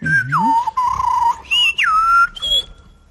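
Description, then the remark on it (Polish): A human whistles, in place of a planned flute part, a short melody imitating birdsong: clear, loud tones in several phrases with swooping downward glides, sustained notes and a final higher note, with brief breaks between phrases. “A flet już mi nie jest potrzebny, jak już zagwizdałem melodyjkę, bo flet miałem przygotowany do zagrania.”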